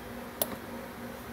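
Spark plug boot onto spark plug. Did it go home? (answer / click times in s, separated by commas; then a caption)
yes / 0.4 s. The spark plug wire boot is pushed back onto the newly installed spark plug of a Troy Bilt lawn mower engine. A single sharp click sounds at 0.4 s over a quiet background, with a faint softer tap just after. The boot is confirmed seated on the plug.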